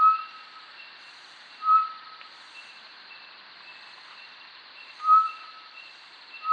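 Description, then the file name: Short-tailed batis calls: four pure, level whistles at uneven intervals, with soft higher peeps and constant background hiss. "Batis mixta"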